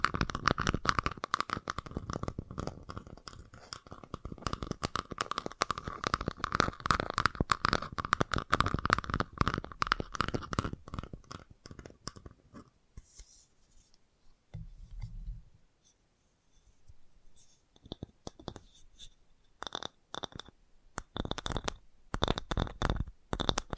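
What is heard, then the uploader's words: Fast tapping in dense, rapid bursts fills the first eleven seconds, with a steady bright ring running underneath. A lull follows, broken by a low rumble around fifteen seconds and faint scattered clicks. Quick sharp taps return in irregular clusters toward the end. FAST TAPPING (No Talking).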